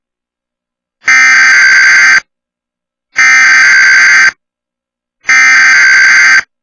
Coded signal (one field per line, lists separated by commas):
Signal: Emergency Alert System (SAME) tones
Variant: header bursts